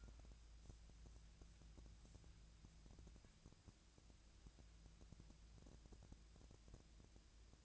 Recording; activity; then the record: daily activity, microphone in the room; wipe stove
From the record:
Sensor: 2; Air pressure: 1000.3 hPa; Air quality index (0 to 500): 160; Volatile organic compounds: 3 ppm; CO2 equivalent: 1332 ppm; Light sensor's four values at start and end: 10/25/10/11 and 10/24/10/11